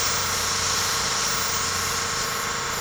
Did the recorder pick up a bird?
no